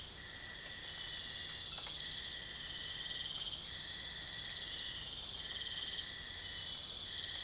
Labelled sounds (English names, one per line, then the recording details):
none
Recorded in dense forest near Puerto Asís, Putumayo, Colombia, on 19 February 2024 at 04:30
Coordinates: 0.485, -76.322
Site G6406